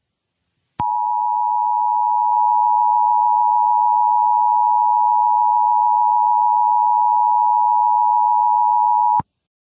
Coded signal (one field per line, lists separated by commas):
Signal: Emergency Alert System (SAME) tones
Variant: 853 and 960 Hz attention tone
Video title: EAS Mock Severe Thunderstorm Warning